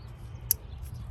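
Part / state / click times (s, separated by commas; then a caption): pigtail adapter plug into headlight harness connector / seated / 0.5 s. A plastic pigtail adapter connector for a BEAMTECH LED 9006 low-beam upgrade with DRLs is pushed onto the driver-side headlight harness connector of a 2011 Toyota Corolla. A single sharp, bright click sounds at 0.5 s over a low, steady rumble. The adapter is seated in place.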